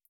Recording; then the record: hydrophone in a shrimp aquaculture tank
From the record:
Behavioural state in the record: feeding